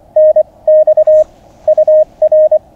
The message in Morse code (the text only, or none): NX UR